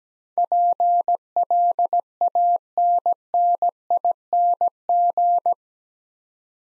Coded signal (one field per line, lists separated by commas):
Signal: Morse code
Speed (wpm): 17 wpm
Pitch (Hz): 700 Hz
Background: none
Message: PLANNING